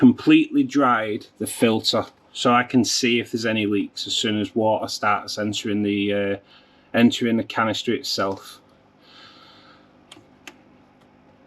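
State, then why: Seated. Someone talks for about eight seconds, explaining that the Fluval 307 aquarium canister filter has been completely dried so any leaks will show once water enters. The plastic hose inlet valve coupling is then pushed onto the top of the filter head, and two short, sharp clicks follow over a quiet background, at about 10.1 s and 10.5 s. The coupling seats and clicks into place at 10.5 s.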